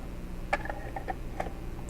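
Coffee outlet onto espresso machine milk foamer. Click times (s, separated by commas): 0.5 s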